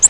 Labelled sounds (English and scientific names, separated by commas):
Virginia's Warbler (Leiothlypis virginiae) flight call